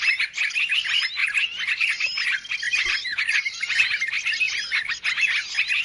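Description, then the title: Birds calling in a dense, noisy chorus of overlapping high chirps and twitters, continuous throughout with no pauses. Chorus of noisy birds used as a lure sound to attract birds; many birds said to approach as soon as it is played. "Baru Diputar Dah Banyak Merapat! Suara Pikat Burung Ribut"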